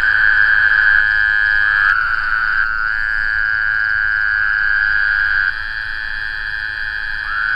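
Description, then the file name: Woodhouse's toad gives sustained droning, nasal calls with rich overtones. The sound runs almost without pause, with small shifts near two and five and a half seconds. "bwoodhousii"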